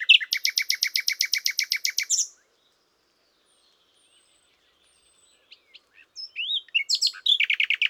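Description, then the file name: Common nightingale song: a long, fast stutter of many loud repeated notes, a quiet gap with faint high whistles, then varied chirps building into another rapid rattling run. "Luscinia megarhynchos"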